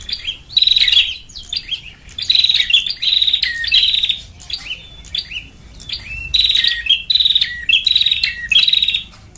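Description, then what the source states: Lovebird calls in harsh, rapid twittering runs, several high buzzy bursts in a row, then a quieter pause with thin squeaks before the chatter resumes. Lure recording for trapping lovebirds.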